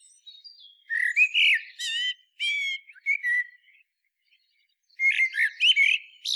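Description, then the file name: Common blackbird singing mellow, fluted warbles ending in thin, squeaky twitters, two phrases separated by a short pause, with no other clear sounds. "Turdus merula"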